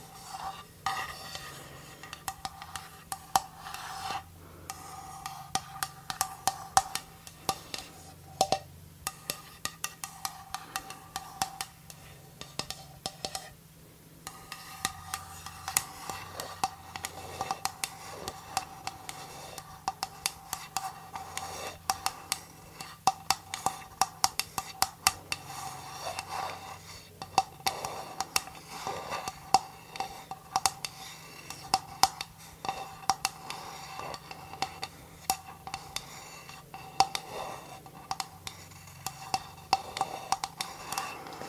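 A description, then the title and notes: Slow tapping and scratching, with sharp clicks and taps landing every second or so across the whole stretch, some louder than others. Between them come soft scratchy rustles, and a low steady hum with a faint pulsing tone runs underneath throughout. Slow Tapping and Scratching.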